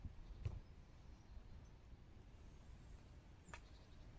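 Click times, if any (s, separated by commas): none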